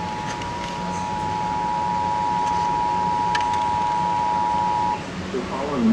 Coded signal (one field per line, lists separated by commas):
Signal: Emergency Alert System (SAME) tones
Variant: 853 and 960 Hz attention tone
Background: speech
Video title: (EAS #35) WILM-ME - Flash Flood Warning (North Myrtle Beach) (8/30/2023)